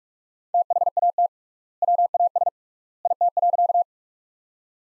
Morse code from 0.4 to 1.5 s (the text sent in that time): THAT